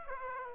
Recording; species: mosquito wingbeat signal from an infrared sensor; Aedes aegypti